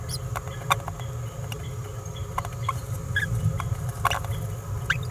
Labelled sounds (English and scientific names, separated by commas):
Green-rumped Parrotlet (Forpus passerinus) babbling